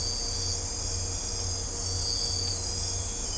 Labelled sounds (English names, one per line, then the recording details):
none
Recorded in dense forest near Puerto Asís, Putumayo, Colombia, on 22 December 2024 at 01:00
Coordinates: 0.503, -76.323
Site G043